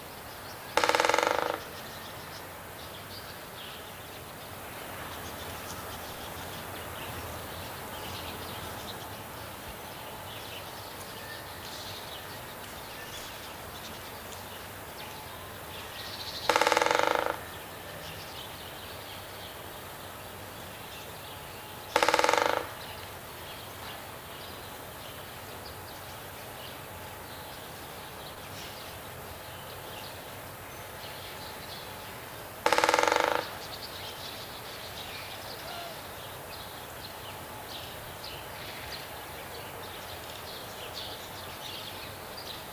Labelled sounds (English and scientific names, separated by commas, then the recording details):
Great Spotted Woodpecker (Dendrocopos major) drumming
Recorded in the wild
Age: adult
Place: Tierpark Berlin, Berlin, DE
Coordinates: 52.5, 13.53
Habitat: park
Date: 1983-12-24 12:30
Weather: sonnig-wolkig, 1-3°C, windstill
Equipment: Nagra SN, Sennheiser MKH 416 T, Kopie Uher 4000 Report Monitor
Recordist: Tembrock, Günter
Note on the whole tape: Trommeln, auf Eiche